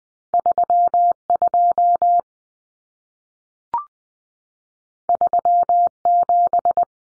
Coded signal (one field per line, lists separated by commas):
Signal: Morse code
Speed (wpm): 20 wpm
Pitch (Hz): 700 Hz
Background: none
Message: 32 37